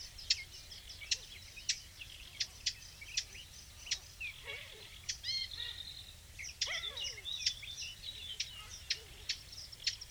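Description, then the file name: Eurasian blackcap clicking tac calls repeated steadily, about one every half second, amid busy chirps and slurred whistles. "Sylvia atricapilla"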